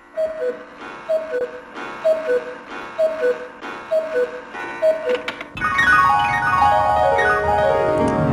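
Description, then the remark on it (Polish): A clock ticks in a steady rhythm of about ten bright, evenly spaced tones, then a rich, bell-like chime swells in and rings out with descending melodic tones, the 6 p.m. time signal on Polish Radio's Program Three (Trójka) on Monday, 14 October 2019. “Dziś poniedziałek, 14 dzień października, a jako że na zegarach już po 18 czas na serwis Trójki”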